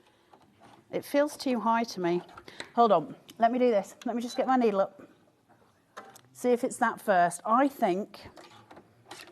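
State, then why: Not seated. Someone talks while raising the sewing machine needle and then tries to fit a magnetic attachment onto the sewing machine, with a few faint short taps and handling noises between the words. The magnetic attachment has not seated or clicked on yet.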